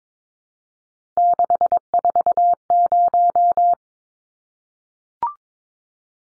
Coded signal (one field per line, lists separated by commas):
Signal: Morse code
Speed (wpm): 22 wpm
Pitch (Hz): 700 Hz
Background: none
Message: 640